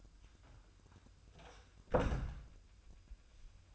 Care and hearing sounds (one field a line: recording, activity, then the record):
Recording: daily activity, microphone in the room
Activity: close door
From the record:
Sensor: 2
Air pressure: 1004.7 hPa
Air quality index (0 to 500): 74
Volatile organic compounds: 1 ppm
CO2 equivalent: 881 ppm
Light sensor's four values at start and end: 7/16/6/7 and 7/16/6/6